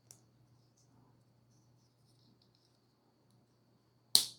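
Two plastic leg pieces from the lower body of a Master Grade Sinanju model kit are held together and pressed, with a faint tick near the start over a low, steady hum. A sharp, loud snap at 4.2 s shows the pieces have seated together properly, since the snap must be heard for the joint to be done right.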